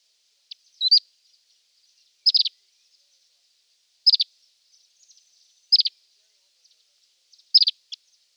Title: Plecir3un. Kicau reunion olive white eye